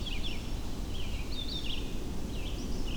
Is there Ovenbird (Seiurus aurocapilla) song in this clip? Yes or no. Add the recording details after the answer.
no. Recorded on 25 June 2016 at 07:00. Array SBT-6-76